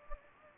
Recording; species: mosquito wingbeat signal from an infrared sensor; Anopheles gambiae